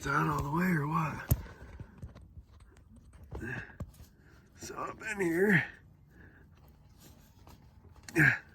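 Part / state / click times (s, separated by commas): vehicle interior part being pressed into its mount / not seated / none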